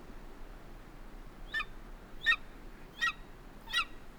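Golden eagle heard as four faint, clipped yelps spaced roughly three-quarters of a second apart, starting after a stretch of low background noise.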